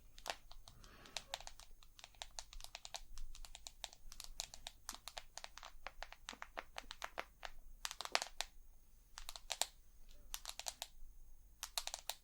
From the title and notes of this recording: ASMR Tapping. Long Nails, No Talking.